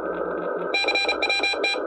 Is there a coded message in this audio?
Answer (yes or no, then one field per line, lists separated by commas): yes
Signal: Morse code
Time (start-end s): 0.7-1.7 s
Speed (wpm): 31 wpm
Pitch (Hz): 2400 Hz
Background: radio noise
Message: CWT